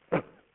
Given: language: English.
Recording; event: throat vibration sensor signal played as sound; cough